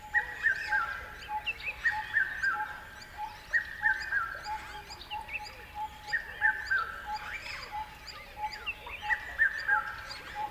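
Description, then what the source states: Bird calls: a bright three-note falling phrase repeated regularly, over a steady pulsing lower tone and scattered thin high chirps. River at dawn.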